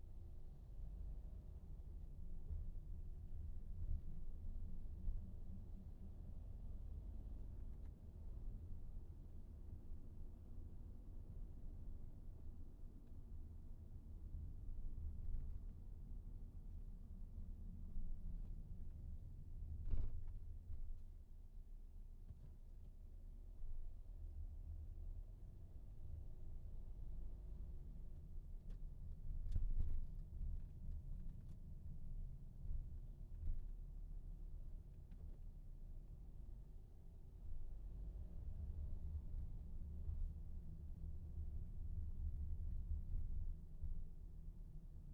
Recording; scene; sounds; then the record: everyday scene through a hearing-aid microphone; in a vehicle; engine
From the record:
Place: VW T5 Caravelle, diesel engine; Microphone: behind the ear, right, front